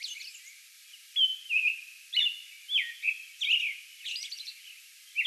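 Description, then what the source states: American robin song, a few loud slurred whistled phrases in quick succession followed by higher notes. Song bout, recorded on May 11.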